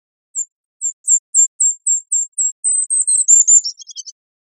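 Golden-crowned kinglet song: a series of very high, thin notes speeding up and running together, ending in a lower, jumbled, sputtering chatter.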